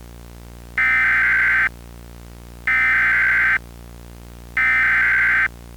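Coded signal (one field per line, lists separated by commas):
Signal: Emergency Alert System (SAME) tones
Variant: header bursts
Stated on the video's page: Fictional EAS scenario of a worst-case Illinois tornado outbreak.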